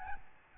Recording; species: mosquito wingbeat signal from an infrared sensor; Aedes albopictus